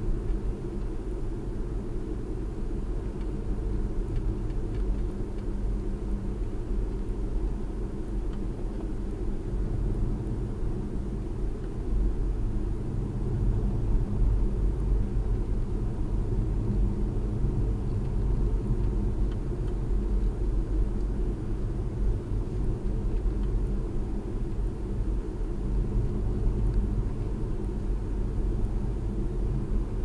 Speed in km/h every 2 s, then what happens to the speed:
39, 39, 39, 39, 39, 39, 39, 37, 39, 39, 39, 39, 39, 39, 39.
0-30 steady at about 39.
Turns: none.